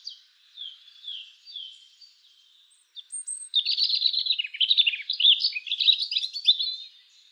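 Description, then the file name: European robin song: a few soft, thin sliding whistles, then a long, loud tumble of fast, high, varied warbling notes. "Erithacus rubecula"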